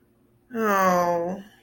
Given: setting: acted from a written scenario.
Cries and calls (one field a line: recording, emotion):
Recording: vocal sound without words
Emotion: sadness